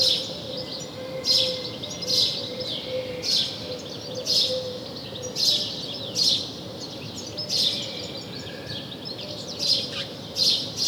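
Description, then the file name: House sparrow calls: repeated clusters of sharp chirps over a soft, steady low tone and light background hiss. "Passer domesticus"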